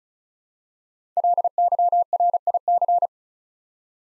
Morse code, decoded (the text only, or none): LYRIC